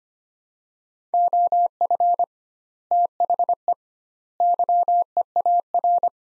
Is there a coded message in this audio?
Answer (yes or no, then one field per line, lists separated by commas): yes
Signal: Morse code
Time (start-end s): 1.1-6.1 s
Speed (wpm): 25 wpm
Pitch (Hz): 700 Hz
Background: none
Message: OF THE YEAR